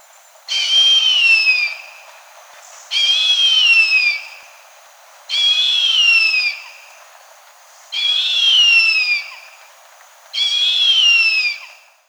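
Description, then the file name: Harpy eagle calling: a long, high wailing scream that falls slightly in pitch, each about a second and a half long, repeated five times roughly every two and a half seconds. "Canto da Harpia"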